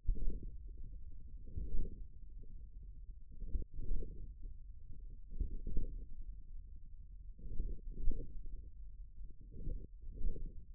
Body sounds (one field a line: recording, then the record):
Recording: forearm muscle sounds (acoustic myography)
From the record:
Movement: hand closing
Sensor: system 1, eight BSWA MPA416 microphones around the upper forearm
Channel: 6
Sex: male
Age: 41 years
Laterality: right